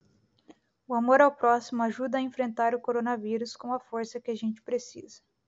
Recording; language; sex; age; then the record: spoken sentence; Brazilian Portuguese; female; 20 to 29 years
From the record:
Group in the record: control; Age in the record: 27 years